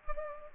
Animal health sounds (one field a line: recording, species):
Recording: mosquito wingbeat signal from an infrared sensor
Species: Culex pipiens